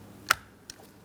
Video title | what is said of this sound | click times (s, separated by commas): How to Replace Mirrors 2003-2007 Cadillac CTS | Audible click from that. And it's secure. | 0.3 s